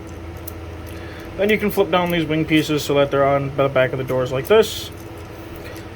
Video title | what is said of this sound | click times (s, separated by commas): Transformers Studio Series Deluxe Class BUMBLEBEE review | and it will lock into place. | 0.5 s